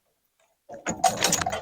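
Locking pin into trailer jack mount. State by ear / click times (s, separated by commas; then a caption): seated / 1.2 s, 1.3 s. A steel locking pin is lined up and pushed through a trailer jack mount until it locks. After near-silence, metallic scraping and rattling build up, with sharp clicks at 1.2 and 1.3 seconds. The pin is seated and locked in place.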